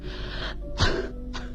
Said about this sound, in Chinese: …不停地咳嗽着，我翻来覆去地睡不着。